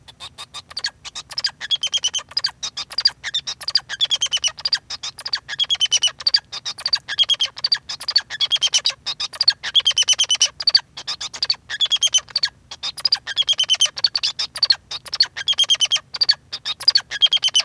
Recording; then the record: song of a male Bengalese finch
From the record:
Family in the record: son of father 2